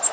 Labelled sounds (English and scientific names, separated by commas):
Orange-crowned Warbler (Leiothlypis celata) flight call